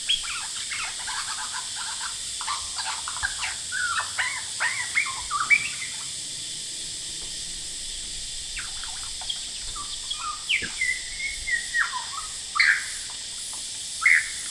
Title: Lyrebird - Horsfield Bay NSW, Jan 23 2017